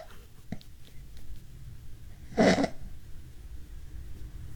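Quiet pause in breathing, then one loud choking snort from an adult sleeper, almost struggling and not breathing: an obstructive sleep apnea pattern of breathing stopping, then gasping.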